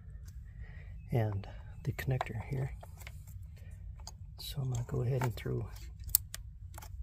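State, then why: Seated. An electrical connector is pushed onto the ignition coil of a 2007 Honda Civic engine during a repair for misfires, hesitation and low power, so that it holds and cannot come undone. Someone talks over quiet background noise, then a sharp, loud snap at 6.2 s marks the connector seating into place.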